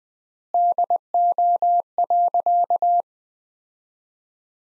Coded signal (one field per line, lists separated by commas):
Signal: Morse code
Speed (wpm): 20 wpm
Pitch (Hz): 700 Hz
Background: none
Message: DO.